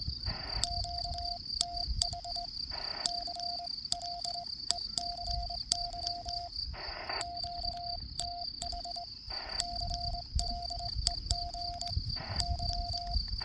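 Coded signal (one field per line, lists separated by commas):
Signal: Morse code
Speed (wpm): 22 wpm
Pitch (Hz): 700 Hz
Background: none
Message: QTH CLECY QTH CLEGY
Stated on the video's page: QRP CW contacts on a portable vertical antenna with radials, in average propagation conditions with no DX.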